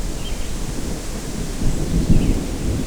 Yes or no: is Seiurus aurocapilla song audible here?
no